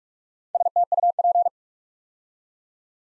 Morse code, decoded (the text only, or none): STUP